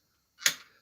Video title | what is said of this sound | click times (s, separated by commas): Bench talk Projects New rigs Have a Christmas beer 🍻🥳🎄 | and then it'll go it's a bit bent now so what i'll do it'll click into gear | 0.5 s